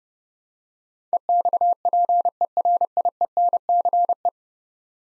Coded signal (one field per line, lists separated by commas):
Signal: Morse code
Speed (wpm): 31 wpm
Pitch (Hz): 700 Hz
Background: none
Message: EXPERIENCE